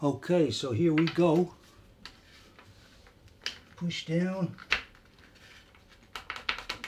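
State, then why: Seated. Someone talks while pushing a castor's metal stem by hand into its socket on the underside of the plastic base of a Dexter gaming chair. After a quiet stretch with a few faint taps, a burst of sharp clicks and knocks arrives near the end, the loudest at 6.5 s. That click marks the castor wheel seated firmly in the chair base.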